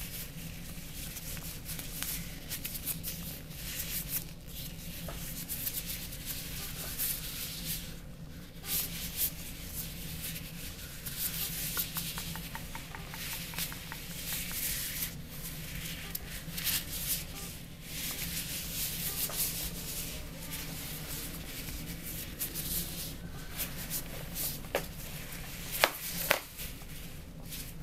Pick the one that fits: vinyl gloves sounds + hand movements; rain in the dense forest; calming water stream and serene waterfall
vinyl gloves sounds + hand movements